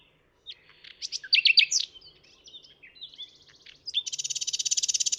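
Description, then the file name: Common nightingale song of clipped chirps and slurred notes, ending in a fast, buzzy, evenly pulsed high trill. "Luscinia megarhynchos"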